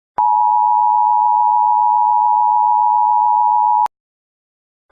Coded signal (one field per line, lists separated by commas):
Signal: Emergency Alert System (SAME) tones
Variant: 853 and 960 Hz attention tone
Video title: EAS zombie warning